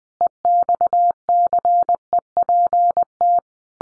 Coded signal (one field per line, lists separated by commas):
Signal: Morse code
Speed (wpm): 20 wpm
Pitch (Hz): 700 Hz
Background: none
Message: EXCEPT